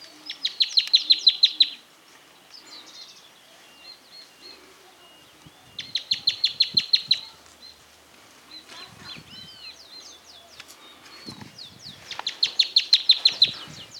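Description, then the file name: Chaco earthcreeper song: three bursts of rapid, chattering repeated notes several seconds apart, with faint downslurred whistles and chips in between. "bandurrita-chaqueña voz"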